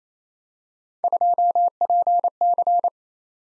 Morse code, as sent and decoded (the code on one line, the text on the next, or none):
..--- .--. -.-.
2PC